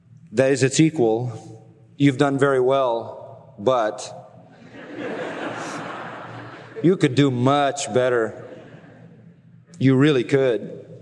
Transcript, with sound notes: that is its equal. You've done very well, but... (laughter) you could do much better. You really could.